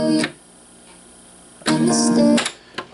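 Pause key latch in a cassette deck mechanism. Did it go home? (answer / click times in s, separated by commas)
no / none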